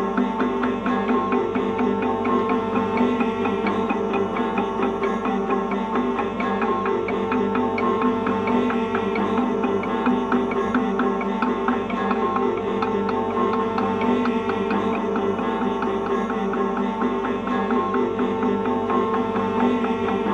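Everyday objects used as invented instruments produce a dense, steady hum of sustained tones, threaded with fine rapid ticking throughout the twenty seconds.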